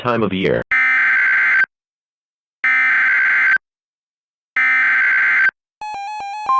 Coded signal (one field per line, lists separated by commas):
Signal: Emergency Alert System (SAME) tones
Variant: header bursts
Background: speech